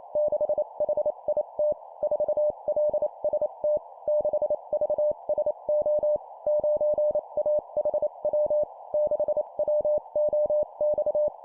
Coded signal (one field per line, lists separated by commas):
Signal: Morse code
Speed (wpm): 28 wpm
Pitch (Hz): 600 Hz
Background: none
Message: 6HIT 4LST 6VSO 9AHW 6WOX